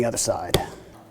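Pleated filter media is handled on the other side of an AprilAire 5000 electronic air cleaner frame while someone talks, with a brief sharp knock at about 0.5 seconds. Nothing has seated or snapped into place yet.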